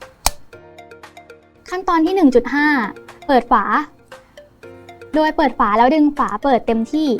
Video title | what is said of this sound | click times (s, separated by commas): คลิปวิดีโอ spiolto respimat reusable | หมุนฐานใสในทิศทางตามลูกศรสีดำที่ระบุอยู่บนฉลากจนได้ยินเสียงคลิกขั้น | 0.3 s